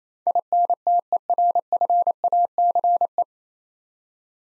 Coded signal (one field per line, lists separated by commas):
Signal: Morse code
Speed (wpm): 28 wpm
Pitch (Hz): 700 Hz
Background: none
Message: INTERFACE